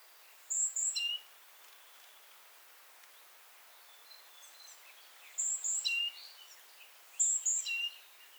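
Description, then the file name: Great tit: three repeats of a high two-note call ending in a lower note, over faint background hiss and chirps. "Parus major"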